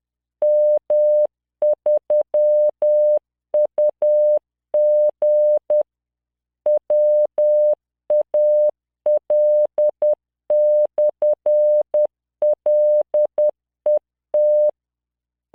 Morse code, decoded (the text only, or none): M3UG WAL/LET